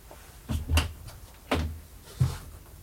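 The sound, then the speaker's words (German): A door being opened, heard as a few separate clunks and rattles of the latch and frame, with three main bumps spread over a couple of seconds and no voices. “Die Tür ist offen.”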